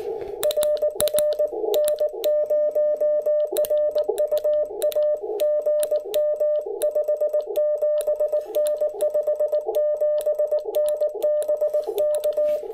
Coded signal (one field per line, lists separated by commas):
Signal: Morse code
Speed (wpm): 19 wpm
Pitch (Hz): 600 Hz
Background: none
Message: RR N0RUA GM 57N 57N BK